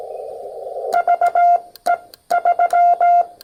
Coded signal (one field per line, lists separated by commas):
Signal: Morse code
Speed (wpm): 18 wpm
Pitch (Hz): 700 Hz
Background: none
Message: VE3